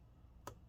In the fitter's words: you get it lined up it'll catch and you can click that down